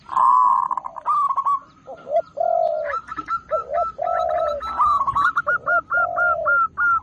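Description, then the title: Zebra dove song, a long opening note followed by repeated rhythmic coos alternating between higher and lower notes. Local bird singing actively; recording used to train other birds. "Perkutut Lokal Gacor"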